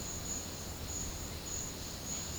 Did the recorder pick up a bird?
no